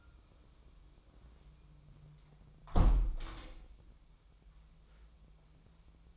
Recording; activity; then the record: daily activity, microphone in the room; close window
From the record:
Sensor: 1